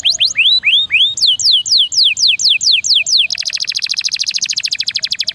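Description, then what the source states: Atlantic canary song of looping rising and falling whistled slurs repeated quickly, ending in a dense, buzzy rolling trill. Canary song in the ornate 'cengkok mewah' style.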